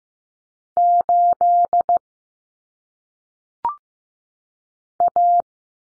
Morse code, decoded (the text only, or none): 8 A